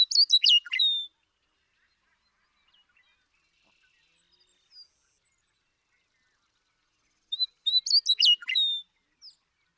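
Western meadowlark song: a quick complex burst of whistles and warbles, repeated once after a long, nearly silent gap.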